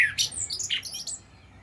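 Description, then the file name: Common blackbird giving a brief phrase: one fluted whistle that breaks into a thin, squeaky high twitter. "Turdus merula"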